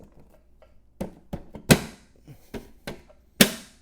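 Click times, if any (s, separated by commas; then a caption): 1.7 s, 2.9 s, 3.4 s. A plastic EVbase Aerodisc aero wheel cover is pressed around its edges onto a Tesla Model 3 alloy wheel, with softer thumps at about 1.0, 1.3 and 2.6 seconds. Its clips snap into place with sharp clicks at 1.7, 2.9 and 3.4 seconds, the last being the loudest. The cover ends up firmly seated on the wheel.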